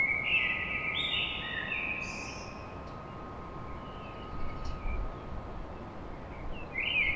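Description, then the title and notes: Common blackbird singing: a mellow warbled phrase sliding between low and mid pitch, ending in a thin high twitter, then a fresh phrase begins near the end over steady hiss and a faint hum. Recorded at dawn in Paris. "Blackbird Poetry At Paris On. Enregistrement d'un chant de merle à l'aube dans Paris"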